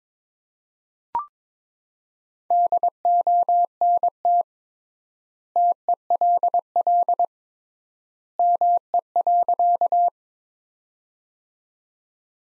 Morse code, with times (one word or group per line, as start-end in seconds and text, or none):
2.5-4.4 DONT
5.6-7.2 TELL
8.4-10.1 ME.